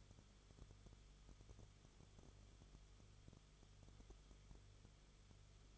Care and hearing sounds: daily activity, microphone in the room; no activity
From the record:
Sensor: 4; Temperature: 22.9 degrees Celsius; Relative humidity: 34.5%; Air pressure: 1011.5 hPa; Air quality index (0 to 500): 193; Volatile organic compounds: 13 ppm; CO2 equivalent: 2386 ppm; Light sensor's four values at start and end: 2/3/1/1 and 2/3/1/1

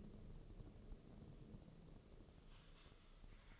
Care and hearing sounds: daily activity, microphone in the room; typing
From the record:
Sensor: 4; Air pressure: 996.0 hPa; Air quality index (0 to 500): 64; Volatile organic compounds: 2 ppm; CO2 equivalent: 1142 ppm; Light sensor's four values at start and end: 14/38/14/14 and 14/38/14/14

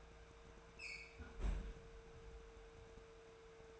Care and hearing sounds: daily activity, microphone in the room; close fridge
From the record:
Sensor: 2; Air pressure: 1014.7 hPa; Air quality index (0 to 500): 191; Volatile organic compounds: 16 ppm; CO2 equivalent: 2522 ppm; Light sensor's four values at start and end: 19/48/20/22 and 15/37/15/17

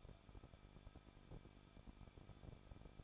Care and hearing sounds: daily activity, microphone in the room; no activity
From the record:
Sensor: 5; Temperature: 20.8 degrees Celsius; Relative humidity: 38.4%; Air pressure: 1006.4 hPa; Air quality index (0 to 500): 190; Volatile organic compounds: 20 ppm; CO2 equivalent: 2679 ppm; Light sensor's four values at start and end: 2/3/1/1 and 2/3/1/1

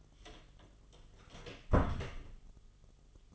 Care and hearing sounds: daily activity, microphone in the room; close door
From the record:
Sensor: 4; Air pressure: 1005.8 hPa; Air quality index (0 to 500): 94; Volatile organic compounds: 2 ppm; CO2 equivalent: 1160 ppm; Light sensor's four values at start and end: 13/29/11/11 and 13/30/12/11

